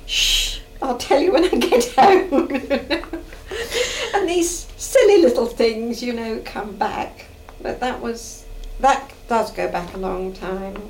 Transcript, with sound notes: "Sshh! I'll tell you when I get home." [laughs] And these silly little things, you know, come back. But that was, that does go back a long time.